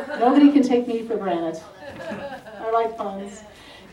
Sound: audience laughter